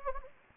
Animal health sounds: mosquito wingbeat signal from an infrared sensor; Anopheles gambiae

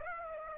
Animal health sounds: mosquito wingbeat signal from an infrared sensor; Aedes aegypti

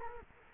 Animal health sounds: mosquito wingbeat signal from an infrared sensor; Culex quinquefasciatus

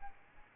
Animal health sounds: mosquito wingbeat signal from an infrared sensor; Aedes albopictus

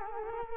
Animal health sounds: mosquito wingbeat signal from an infrared sensor; Culex quinquefasciatus

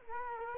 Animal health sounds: mosquito wingbeat signal from an infrared sensor; Culex quinquefasciatus

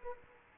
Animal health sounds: mosquito wingbeat signal from an infrared sensor; Aedes aegypti

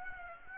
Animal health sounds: mosquito wingbeat signal from an infrared sensor; Aedes aegypti

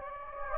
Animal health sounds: mosquito wingbeat signal from an infrared sensor; Anopheles gambiae

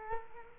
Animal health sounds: mosquito wingbeat signal from an infrared sensor; Culex quinquefasciatus

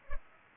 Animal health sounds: mosquito wingbeat signal from an infrared sensor; Culex pipiens

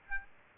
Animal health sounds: mosquito wingbeat signal from an infrared sensor; Aedes aegypti

